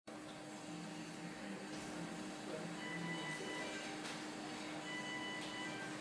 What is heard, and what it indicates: Intensive Care Ventilator Alarm.